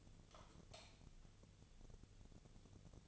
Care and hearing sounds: daily activity, microphone in the room; light off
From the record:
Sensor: 4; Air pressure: 1000.9 hPa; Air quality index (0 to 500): 123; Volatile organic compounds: 1 ppm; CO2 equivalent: 929 ppm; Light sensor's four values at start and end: 32/80/33/36 and 31/74/31/33

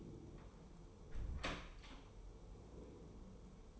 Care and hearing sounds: daily activity, microphone in the room; close door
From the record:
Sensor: 1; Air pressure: 1015.1 hPa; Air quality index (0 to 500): 118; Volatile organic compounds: 4 ppm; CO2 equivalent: 1614 ppm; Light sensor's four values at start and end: 14/33/14/15 and 14/33/14/15

